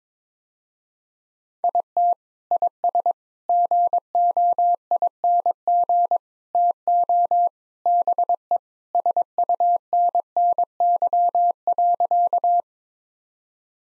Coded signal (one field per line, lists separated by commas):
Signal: Morse code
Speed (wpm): 21 wpm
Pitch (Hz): 700 Hz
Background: none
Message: IT IS GOING TO BE SUNNY.